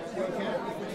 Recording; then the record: coughing mixed with background sound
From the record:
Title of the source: 1125 Coughing SOUND Effect